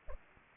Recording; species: mosquito wingbeat signal from an infrared sensor; Anopheles arabiensis